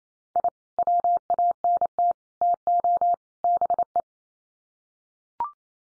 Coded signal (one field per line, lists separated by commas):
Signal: Morse code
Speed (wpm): 28 wpm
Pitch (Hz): 700 Hz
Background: none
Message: I WANT TO BE